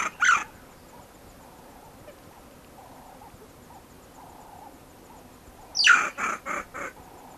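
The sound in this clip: Banded mongoose calls: a brief harsh note at the start, then near the end a descending screech followed by three quick pulsed chirps, with a faint intermittent background hum.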